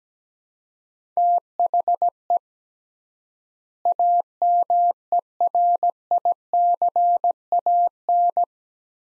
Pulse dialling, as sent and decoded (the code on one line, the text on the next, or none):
none